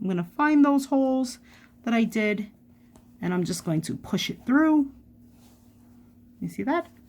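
Someone talks while pushing the prongs of a magnetic clasp through holes in bag fabric, ready for the metal backing plate to go over them. Only speech and faint handling are heard, with no distinct click. The backing plate has not snapped onto the prongs yet; it snaps down after the clip ends because it was lined up well.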